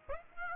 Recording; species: mosquito wingbeat signal from an infrared sensor; Aedes aegypti